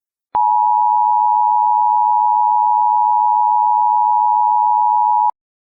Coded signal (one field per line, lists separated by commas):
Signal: Emergency Alert System (SAME) tones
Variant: 853 and 960 Hz attention tone